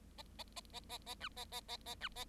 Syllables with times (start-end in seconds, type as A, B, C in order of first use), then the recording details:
0.17-0.22 A, 0.38-0.43 A, 0.56-0.60 A, 0.72-0.80 A, 0.89-0.98 A, 1.06-1.15 A, 1.20-1.28 B, 1.36-1.45 A, 1.51-1.61 A, 1.68-1.77 A, 1.85-1.95 A, 2.00-2.08 B, 2.15-2.25 A. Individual Bird7